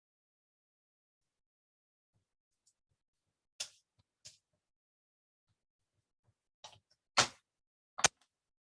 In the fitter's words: I don't know if you can hear the snapping of the the laptop but that's common